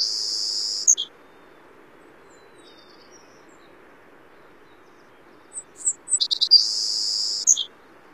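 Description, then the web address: Savannah sparrow song: a high buzzy trill ending at the start, then quiet, then high chips building into another long buzz followed by a final thin note. "Songs of Birds of North America Stokes. Savannah Sparrow"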